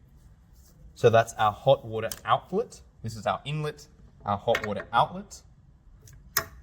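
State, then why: Seated. A hose quick-connect coupling is pushed onto the hot water outlet port of a plate and frame heat exchanger while someone talks. A sharp click is heard at 6.4 seconds as the coupling seats in place.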